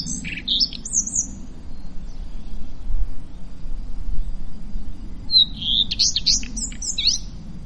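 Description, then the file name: Common redstart delivering two short songs, thin whistled notes followed by a jumble of quick high twitters, separated by a few seconds of low rumble. Around 27 May 2016. "Rougequeue a front blanc Vers 27-05-2016"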